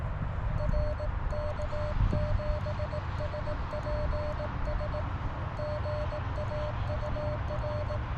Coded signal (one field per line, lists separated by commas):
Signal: Morse code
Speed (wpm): 18 wpm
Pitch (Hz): 600 Hz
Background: music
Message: R K7SPS GA UR